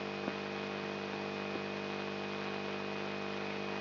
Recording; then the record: brain microelectrode recording played as sound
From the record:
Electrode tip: outside the subthalamic nucleus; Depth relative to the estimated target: 2 mm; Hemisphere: right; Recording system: AlphaMap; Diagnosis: Parkinson's disease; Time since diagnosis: 10 years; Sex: male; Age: 56 years